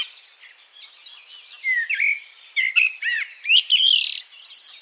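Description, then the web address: Bird song: quiet opening, then a lively run of rising and falling whistles, sharp chirps and buzzy notes from about two seconds on. "cianscape birddata Deverinetal 2025 Bird Only"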